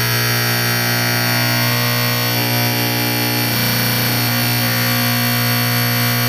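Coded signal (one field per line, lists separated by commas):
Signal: alarm pattern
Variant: electromechanical AC horn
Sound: harsh continuous buzzing horn, steady for the whole clip without breaks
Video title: Fire Alarm Sound Effect #2 - Simplex 4050 + 4050-82 120VAC 1970s Vintage School Fire Alarm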